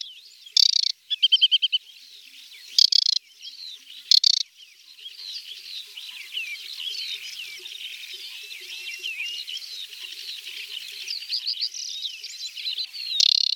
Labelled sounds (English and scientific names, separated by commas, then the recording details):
Aquatic Warbler (Acrocephalus paludicola) song
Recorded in the wild
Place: Nagyivan / Hortobagy, HU
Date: 1988-05-09
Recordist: Schwarz, Dieter